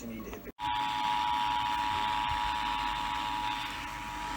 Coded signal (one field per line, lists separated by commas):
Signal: Emergency Alert System (SAME) tones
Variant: 853 and 960 Hz attention tone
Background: speech